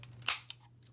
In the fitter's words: wow, you hear that click.